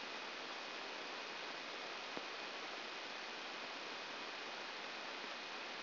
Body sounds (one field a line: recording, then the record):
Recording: brain microelectrode recording played as sound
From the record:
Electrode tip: outside the subthalamic nucleus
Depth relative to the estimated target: -1 mm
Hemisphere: right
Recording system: AlphaMap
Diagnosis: Parkinson's disease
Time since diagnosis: 15 years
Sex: female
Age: 68 years